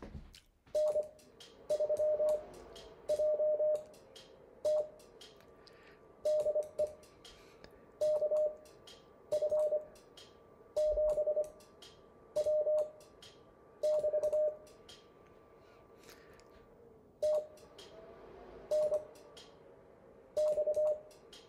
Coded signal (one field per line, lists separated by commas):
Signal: Morse code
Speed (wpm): 25 wpm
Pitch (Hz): 610 Hz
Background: none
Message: N3JT DE KF7W <BT> TNX